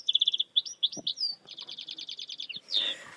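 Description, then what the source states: Song Thrush song, brisk phrases of high notes, each motif repeated several times in quick succession, with a handling thump early on and a brief rush of noise at the end. Played from a phone app that accompanies a bird book, held near the microphone.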